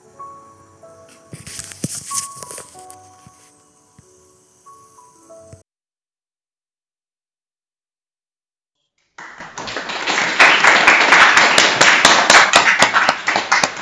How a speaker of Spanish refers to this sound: Impresionante, ya sé ahora por qué el chajá se llama así. El sonido es bien típico, los que hemos escuchado perfectamente se autonomina.